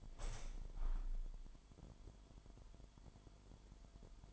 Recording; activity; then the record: daily activity, microphone in the room; open window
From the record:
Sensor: 5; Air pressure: 998.7 hPa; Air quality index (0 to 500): 105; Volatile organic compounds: 2 ppm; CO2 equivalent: 1215 ppm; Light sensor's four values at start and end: 57/141/58/66 and 56/140/58/66